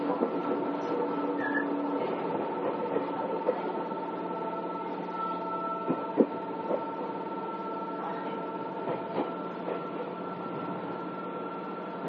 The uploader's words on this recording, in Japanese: 伊豆急8000系 伊豆急下田〜伊東。伊豆急行線の全区間の録音です。車体はオールステンレス製で、20ｍ4ドアと大型化し。